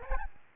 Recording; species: mosquito wingbeat signal from an infrared sensor; Aedes albopictus